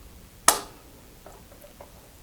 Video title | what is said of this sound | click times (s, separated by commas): HOW TO THREAD A SEWING MACHINE - easy sewing series for beginners - learn to sew | Push it down until you hear it snap into place. | 0.5 s